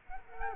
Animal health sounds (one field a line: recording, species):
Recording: mosquito wingbeat signal from an infrared sensor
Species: Culex quinquefasciatus